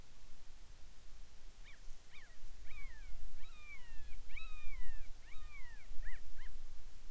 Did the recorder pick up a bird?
yes